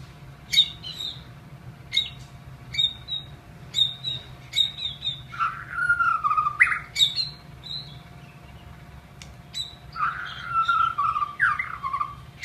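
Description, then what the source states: White-rumped shama song: sharp clicks and short high whistles at first, then lower slurred whistled phrases, with a faint steady hum behind. Masteran training song.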